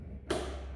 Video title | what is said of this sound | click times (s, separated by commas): Stream Netflix on your phone at home with Strike Wireless Charging Phone Holder | There it is. So that clicks into place. | 0.3 s